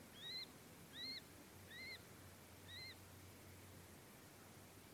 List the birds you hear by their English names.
Little Grebe